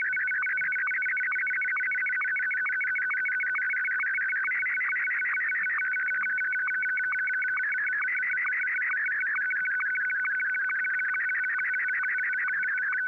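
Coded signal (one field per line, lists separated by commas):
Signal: SSTV (slow-scan television)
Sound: steady warbling, chirping tones between mid and high pitch, with regular short low blips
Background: faint hum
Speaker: Okay, I'm going to send the picture that we received.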